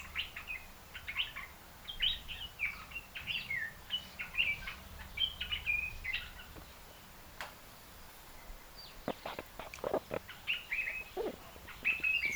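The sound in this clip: African red-eyed bulbul calls, a run of quick chattering and warbled notes, followed by sharper clicks and taps in the second half.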